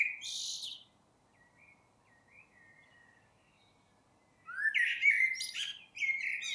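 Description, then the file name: Eurasian blackbird singing: a high squeaky flourish, then several soft, faint fluted notes, then a louder mellow warble ending in high twitters. "Turdus merula"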